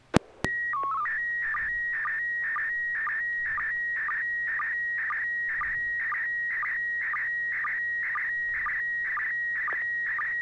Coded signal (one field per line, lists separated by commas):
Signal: SSTV (slow-scan television)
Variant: PD 120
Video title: N6NA SSTV Net - 11/01/2023